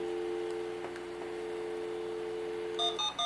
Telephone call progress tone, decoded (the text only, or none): dial tone